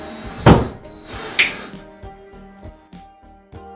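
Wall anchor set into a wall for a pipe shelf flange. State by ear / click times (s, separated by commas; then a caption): seated / 1.4 s. A power drill drives and sets a wall anchor into a wall for a pipe shelf flange, with music playing underneath. After a dull thump near 0.5 s, a sharp click at 1.4 s shows the anchor has activated and is seated.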